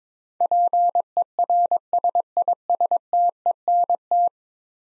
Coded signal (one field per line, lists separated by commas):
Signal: Morse code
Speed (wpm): 22 wpm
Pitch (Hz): 700 Hz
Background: none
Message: PERSISTENT